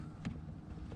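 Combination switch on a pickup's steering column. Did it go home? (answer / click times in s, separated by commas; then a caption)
no / none. A replacement combination switch from a 2011 Versa is handled at the steering column of a 2008 Titan pickup truck, ready to be pushed on until it locks. A steady low rumble runs throughout, with one brief knock of handling at about 0.3 s. Nothing has seated or clicked yet.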